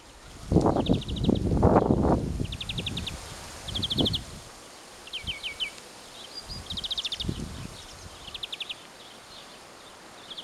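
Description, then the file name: European greenfinch giving rapid twittering trills in quick bursts, with heavy low rumbling noise in the first seconds and a few other chirps. "Chloris chloris"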